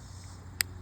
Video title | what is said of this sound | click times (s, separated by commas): Dc blades have some crazy designs , love it | Yep. Hear it popping. Yep. That means it's lock sticking real bad. | 0.6 s